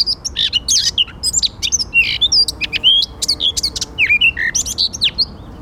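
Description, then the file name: Eurasian blackcap singing a lively, rapid warble of quick rising and falling whistles and sharp chattering notes throughout. "Sylvia atricapilla"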